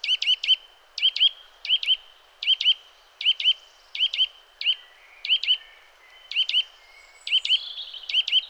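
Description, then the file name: Eurasian nuthatch calling steadily: crisp, high doubled and tripled notes repeated rapidly, with a faint thinner chirp near the end. "Sitta europaea"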